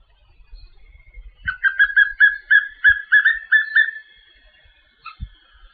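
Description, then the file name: Yellow-bellied seedeater singing a fast run of short, slurred whistled notes for about two and a half seconds, with occasional low knocks. "Canto do papinho amarelo"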